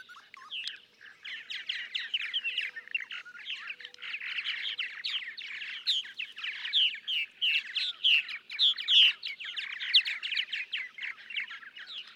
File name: Purple Martin